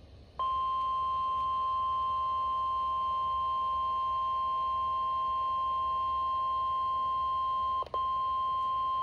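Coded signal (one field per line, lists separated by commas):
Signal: Emergency Alert System (SAME) tones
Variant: 1050 Hz attention tone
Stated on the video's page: NOAA Weather Radio weekly test from the KIH28 Philadelphia transmitter.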